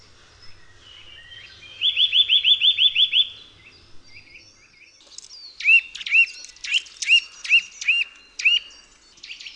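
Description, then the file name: Eurasian nuthatch: a brief fast trill of about ten even notes, a quiet pause, then a run of sharp, clipped chirps in quick, irregular succession. "KOWALIK"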